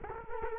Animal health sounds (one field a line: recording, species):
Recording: mosquito wingbeat signal from an infrared sensor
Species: Culex quinquefasciatus